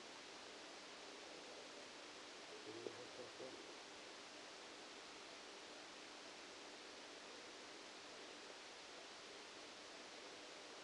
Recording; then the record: brain microelectrode recording played as sound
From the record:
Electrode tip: outside the subthalamic nucleus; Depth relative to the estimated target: 7 mm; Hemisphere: left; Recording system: NeuroSet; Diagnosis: Parkinson's disease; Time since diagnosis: 8 years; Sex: male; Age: 65 years